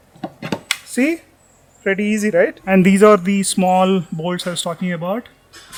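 Someone presses the release on a hard motorcycle side case (pannier bag) on a Ducati and pulls it off its luggage rack mount. After two small knocks at 0.2 and 0.5 s, a sharp hit at 0.7 s marks the case coming free, and then someone talks. The case is released from the mount, and it is called pretty easy.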